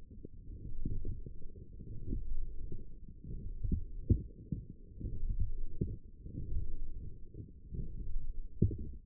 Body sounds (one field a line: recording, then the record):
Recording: forearm muscle sounds (acoustic myography)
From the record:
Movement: forearm supination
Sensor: system 1, eight BSWA MPA416 microphones around the upper forearm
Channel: 7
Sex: female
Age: 22 years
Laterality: right